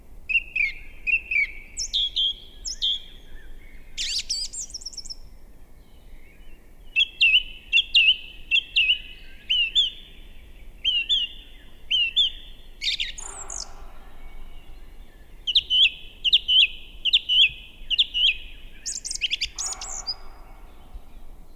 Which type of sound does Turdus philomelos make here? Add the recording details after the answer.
song. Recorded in the wild. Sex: male. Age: adult. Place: Bernau bei Berlin, Barnim, Brandenburg, DE. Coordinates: 52.6958, 13.5256. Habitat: wood. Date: 2007-04-07 19:54. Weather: fair, 10°C, almost no wind. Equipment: Sound Devices 702, Sennheiser MKH 70, Windkorb. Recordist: Frommolt, Karl-Heinz. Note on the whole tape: Rieselfläche bei Waldfrieden: Gesang. Entfernung 10 m. Tier sang in Pappel, war völlig frei zu sehen. Tier gesehen. Ununterbrochene Aufnahme, endet mit Abflug der Drossel